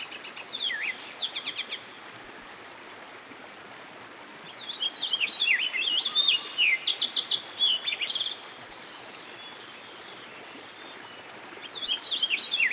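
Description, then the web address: American goldfinch, high twittering song phrases with rapid repeated chips, given in three bursts separated by pauses, against continuous running water. Recorded beside a stream. "Dan Gibson Songbirds By The Stream. American Goldfinch"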